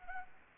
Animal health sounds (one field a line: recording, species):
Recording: mosquito wingbeat signal from an infrared sensor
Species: Anopheles arabiensis